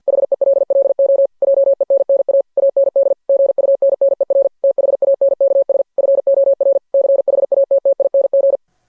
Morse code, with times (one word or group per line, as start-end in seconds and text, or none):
0.1-1.3 HELLO
1.4-2.4 JENNA
2.6-3.1 AND
3.3-4.5 GUNNER
4.6-5.8 THANKS
6.0-6.8 FOR
6.9-8.6 CHATTING